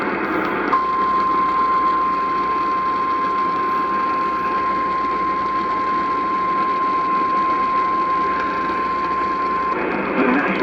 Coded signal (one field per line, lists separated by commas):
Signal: Emergency Alert System (SAME) tones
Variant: 1050 Hz attention tone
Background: speech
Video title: POST PROM IS NOT OVER - EAS Alerts from 05/07/2023 (EAS #941-990)